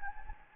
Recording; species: mosquito wingbeat signal from an infrared sensor; Anopheles gambiae